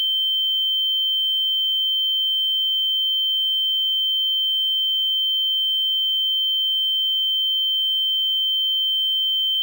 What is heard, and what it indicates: Tinnitus.